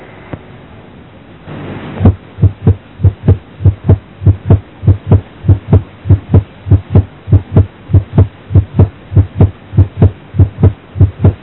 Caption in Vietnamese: Tiếng thứ hai mạnh lên chủ yếu do tăng áp đại tuần hoàn hoặc tiểu tuần hoàn. Trong tăng huyết áp, T2 mạnh nghe rõ ở liên sườn 2 phải và thường ở liên sườn 3 trái. Trong tăng áp tiểu tuần hoàn do hẹp hai lá, thông liên nhĩ, còn đống động mạch, tâm phế mãn, T2 mạch nghe rõ ở ổ van động mạch phổi.